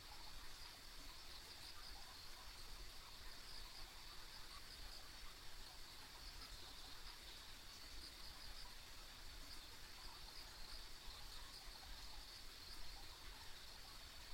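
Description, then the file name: Insect chorus, a continuous high trilling drone over a steady low rumble. Ambient insect sounds recorded along a country road. "田舎道の虫の環境音"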